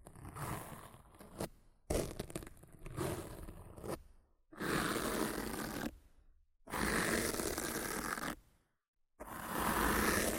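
Rough scratching and brushing against a microphone, in bursts about two seconds long separated by short silences. The first strokes are gritty and uneven. Later bursts are louder, denser rasping sweeps with a steady hiss, ending abruptly around 6, 8.4 and 10 seconds.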